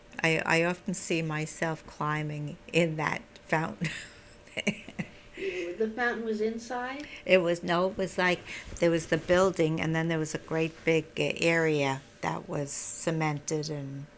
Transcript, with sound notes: I often see myself climbing in that fountain. ( she laughs )
The fountain was inside?
No. It was like, there was a building, and then there was a great big area that was cemented and